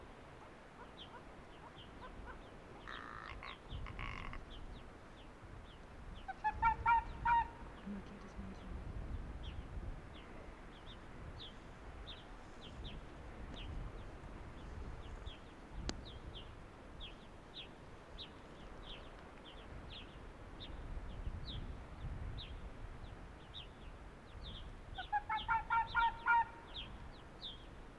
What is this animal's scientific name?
Vulpes lagopus